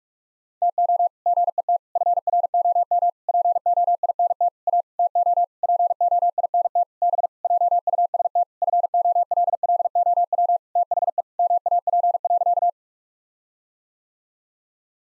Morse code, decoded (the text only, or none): TO GET FROM POINT A TO POINT B JUST FOLLOW THE MAP.